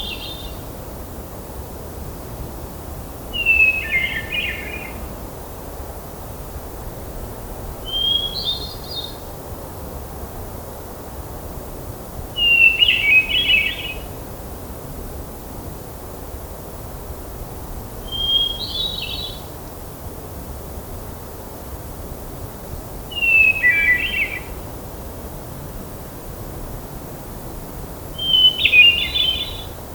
Hermit Thrush song recorded on the Allenspark Trail in Rocky Mountain National Park.